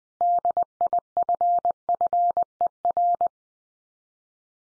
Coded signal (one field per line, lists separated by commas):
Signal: Morse code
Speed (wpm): 20 wpm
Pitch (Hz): 700 Hz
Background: none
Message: DIFFER